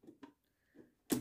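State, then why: Seated. The metal bar of a buttonhole presser foot is pressed onto the foot holder of a sewing machine until it clips in. A few faint taps and handling sounds lead up to a sharp, loud click at 1.1 s. The foot is confirmed properly clipped in place.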